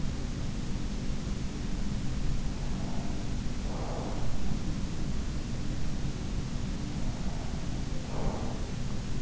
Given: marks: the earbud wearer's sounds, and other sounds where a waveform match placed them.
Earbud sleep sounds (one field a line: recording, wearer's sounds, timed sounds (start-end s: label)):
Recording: sounds in sleep by an in-ear microphone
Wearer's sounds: breath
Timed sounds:
0.56-2.23 s: breath
2.59-5.75 s: breath
6.95-9.22 s: breath